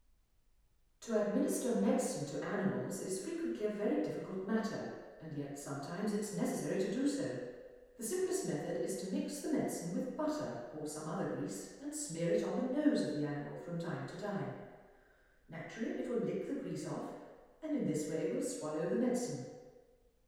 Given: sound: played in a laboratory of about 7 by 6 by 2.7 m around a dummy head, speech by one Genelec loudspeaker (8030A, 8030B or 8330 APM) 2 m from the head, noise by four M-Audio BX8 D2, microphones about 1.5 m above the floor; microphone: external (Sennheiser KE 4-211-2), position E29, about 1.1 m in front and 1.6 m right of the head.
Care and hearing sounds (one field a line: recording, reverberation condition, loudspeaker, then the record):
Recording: female speech in English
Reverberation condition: high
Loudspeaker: 90 degrees to the left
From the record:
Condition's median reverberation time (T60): about 1300 ms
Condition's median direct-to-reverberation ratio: about -4.0 dB